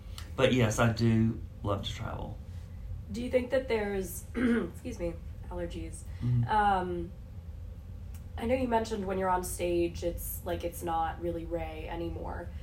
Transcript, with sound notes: But yes, I do love to travel.
Do you think that there’s *coughs* excuse me, allergies. I know you mentioned when you’re on stage it’s like it’s not really Ray anymore.